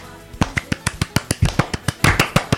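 A quick burst of hand clapping: about fifteen sharp, crisp claps at a brisk, fairly even pace, getting a little louder and denser toward the end.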